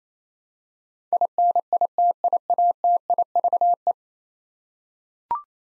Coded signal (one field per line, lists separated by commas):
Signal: Morse code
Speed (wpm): 28 wpm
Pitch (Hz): 700 Hz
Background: none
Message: INITIATIVE